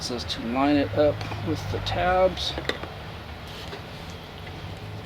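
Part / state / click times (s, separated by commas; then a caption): vacuum hose end into vacuum body socket / not seated / none. The end of a Bissell vacuum cleaner hose is lined up with the tabs on the vacuum body socket before being pressed in, while someone talks over a steady low hum. Nothing has seated or clicked yet.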